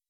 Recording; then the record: hydrophone in a shrimp aquaculture tank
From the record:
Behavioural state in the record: weakened